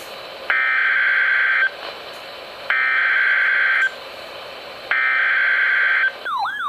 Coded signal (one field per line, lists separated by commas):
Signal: Emergency Alert System (SAME) tones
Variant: header bursts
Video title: Flash Flood Warning (EAS #1,002)